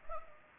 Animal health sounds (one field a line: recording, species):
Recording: mosquito wingbeat signal from an infrared sensor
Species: Culex pipiens